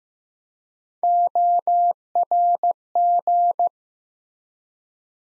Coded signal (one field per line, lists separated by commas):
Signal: Morse code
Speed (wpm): 15 wpm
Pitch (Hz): 700 Hz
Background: none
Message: ORG